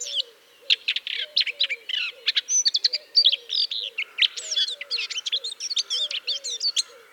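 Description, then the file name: Eurasian blackcap song: rapid, rich warbled phrases of chirps and slurred whistles, over a steady pattern of soft lower notes repeating. "Sylvia atricapilla"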